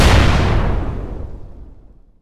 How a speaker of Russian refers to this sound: Удерживать портативный огнемет, вися на веревке одной рукой, задача нетривиальная, но сейчас ни о какой точности речи не шло. Главное — попасть в полуметровый выход с 20 шагов. Удерживая коленями тубус, я снял предохранитель и тут же выстрелил.